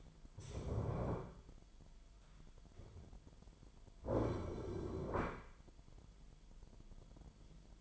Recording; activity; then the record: daily activity, microphone in the room; stand up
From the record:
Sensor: 5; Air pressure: 998.6 hPa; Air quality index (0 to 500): 85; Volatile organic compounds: 1 ppm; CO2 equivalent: 972 ppm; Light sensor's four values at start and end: 44/107/45/49 and 45/108/45/50